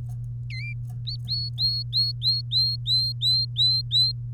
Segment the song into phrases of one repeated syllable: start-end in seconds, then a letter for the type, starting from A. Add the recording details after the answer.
0.50-0.74 A, 1.07-4.12 B. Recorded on 3 May 2018 at 12:05. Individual llb3